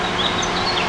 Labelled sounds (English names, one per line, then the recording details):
House Finch song
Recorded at Patchogue on Long Island, New York, on 21 June 2013
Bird G